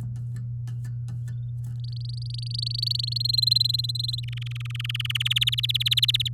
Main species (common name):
Domestic Canary